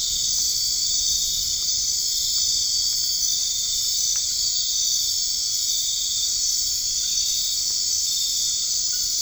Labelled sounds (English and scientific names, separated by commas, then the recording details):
none
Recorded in dense forest near Puerto Asís, Putumayo, Colombia, on 21 March 2025 at 22:30
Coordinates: 0.485, -76.318
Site G056